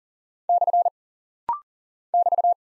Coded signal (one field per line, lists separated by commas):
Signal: Morse code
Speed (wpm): 40 wpm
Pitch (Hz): 700 Hz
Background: none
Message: / <BT>